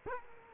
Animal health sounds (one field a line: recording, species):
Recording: mosquito wingbeat signal from an infrared sensor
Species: Culex quinquefasciatus